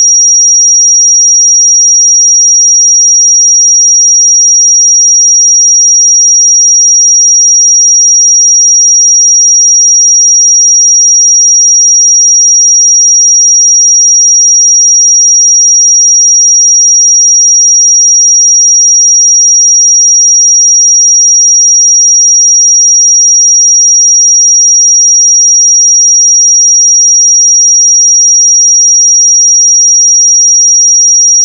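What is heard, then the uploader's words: A pure 5695 Hz sine tone holds perfectly steady and unbroken for the whole half minute, thin and piercing, with nothing else behind it. 5695 Hz 1 Hz Interval Sine Pure Tone Frequency 441000 Sample Mono.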